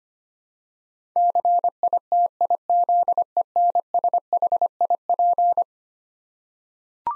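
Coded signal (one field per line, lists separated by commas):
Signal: Morse code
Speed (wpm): 25 wpm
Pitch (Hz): 700 Hz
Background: none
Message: CITIZENSHIP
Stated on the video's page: Head-copy drill of eleven-letter words sent in Morse at 25 wpm, each word sent twice.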